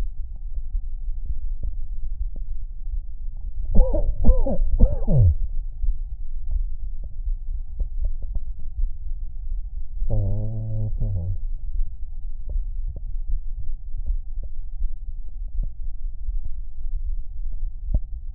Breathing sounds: lung sounds by stethoscope; left anterior apical chest; quiet breathing, then cough and speech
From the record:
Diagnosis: COPD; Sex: male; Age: 59 years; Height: 175 cm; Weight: 73 kg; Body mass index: 23.8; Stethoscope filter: extended mode

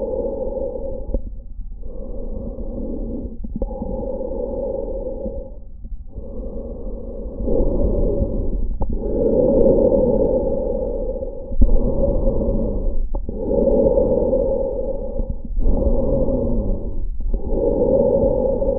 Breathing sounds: lung sounds by stethoscope; trachea; quiet breathing, then deep breathing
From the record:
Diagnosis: COPD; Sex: male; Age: 64 years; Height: 166 cm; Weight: 92.7 kg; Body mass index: 33.6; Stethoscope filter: diaphragm mode

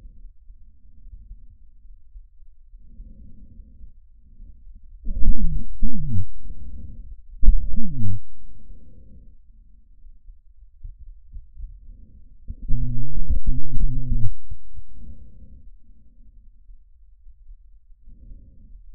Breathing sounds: lung sounds by stethoscope; trachea; quiet breathing, then cough and speech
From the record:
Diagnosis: interstitial lung disease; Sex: male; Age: 66 years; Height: 164 cm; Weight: 76.2 kg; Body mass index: 28.3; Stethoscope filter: bell mode

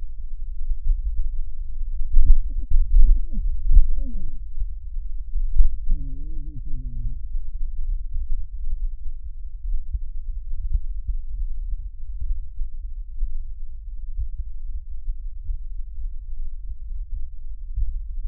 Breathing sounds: lung sounds by stethoscope; left anterior apical chest; quiet breathing, then cough and speech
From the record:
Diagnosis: COPD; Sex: male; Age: 77 years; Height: 164 cm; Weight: 58.2 kg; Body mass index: 21.6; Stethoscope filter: bell mode

